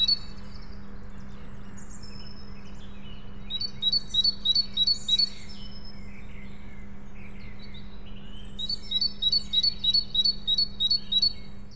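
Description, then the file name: Great tit singing short bursts of alternating high and low notes, two runs separated by quiet, with a constant low hum underneath. "Parus major"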